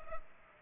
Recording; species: mosquito wingbeat signal from an infrared sensor; Culex pipiens